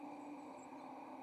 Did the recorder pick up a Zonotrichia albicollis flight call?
no